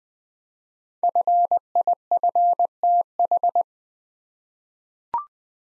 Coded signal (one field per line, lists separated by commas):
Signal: Morse code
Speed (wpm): 20 wpm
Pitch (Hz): 700 Hz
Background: none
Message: FIFTH